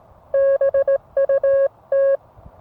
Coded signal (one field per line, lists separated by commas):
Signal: Morse code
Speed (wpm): 16 wpm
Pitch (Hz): 550 Hz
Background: none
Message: BUT